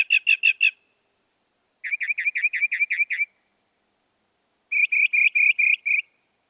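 Northern mockingbird song in three distinct phrases, each a rapid series of five to eight repeated notes, the pattern changing between phrases.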